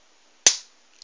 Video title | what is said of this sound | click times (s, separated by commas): Transformers Prime - Voyager (Powerizer) Optimus Prime Review | so you'll hear a little clicking sign | 0.5 s